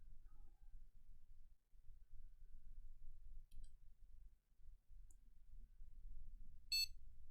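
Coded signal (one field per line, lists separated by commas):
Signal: beep code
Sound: low fan hum, then one short high beep near the end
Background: fan noise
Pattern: 1 short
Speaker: There we go, and there's our post beep.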